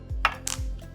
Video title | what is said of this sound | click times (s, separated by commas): Rapid Prep Mandoline 101 | once everything's clean it's so compact and easy to store the plunger locks in place | 0.2 s